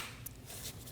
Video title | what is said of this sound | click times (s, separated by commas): How to Replace Valve Cover 2012-2022 Volkswagen Passat 2.5L L5 | It should snap into place. Give it a pull, make sure it's locked on. | 0.3 s